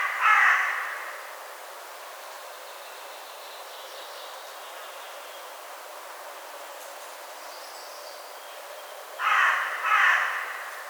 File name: Corvus corone